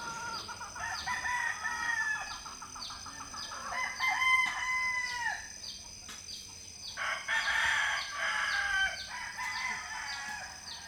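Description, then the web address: Chicken calls: a long run of harmonic calling for four seconds, a pause, then more calling, over repeated high chirps in the background. Hens in a quiet village in the Philippines, recorded early in the morning. "Charlie Atanasyan - Philippines sound library by Faunethic Village quiet chicken hen symphony early the morning"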